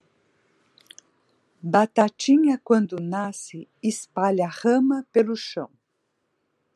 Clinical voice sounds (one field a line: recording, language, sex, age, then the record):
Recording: short text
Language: Brazilian Portuguese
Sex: female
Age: 60 to 69 years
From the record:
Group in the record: control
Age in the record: 65 years